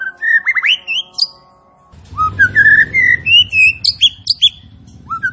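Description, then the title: Striated grassbird song of bright whistled slurs and quick upward notes, repeated rapidly, with a low rumbling noise in the background through most. Singing actively and profusely. "Burung Tembakan Gacor"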